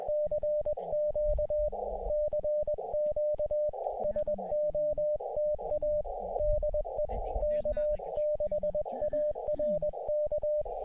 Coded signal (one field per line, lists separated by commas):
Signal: Morse code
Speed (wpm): 18 wpm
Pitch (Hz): 600 Hz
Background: speech, music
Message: CQ CQ SOTA DE K6ARK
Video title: 18 lbs of water and a sub-2 lb radio. What more do you need?